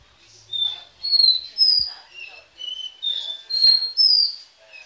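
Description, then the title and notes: Belgian canary giving a short burst of whistled song, several bright tonal notes in a row, some longer and sliding slightly. "Canario Belga, nyonyastudio"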